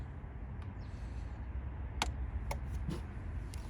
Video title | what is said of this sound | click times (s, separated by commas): How To Remove & Clean EGR on 1.6 PSA Diesel Engine | Center the clip over the joint and using a pair of pliers squeeze the clip until you hear it click in its place. | 2.0 s